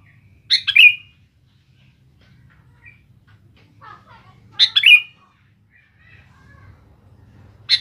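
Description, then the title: Sooty-headed bulbul repeating a bubbly chirp-and-whistle phrase about every four seconds, with faint soft calls between and a third phrase starting at the end. "Kutilang"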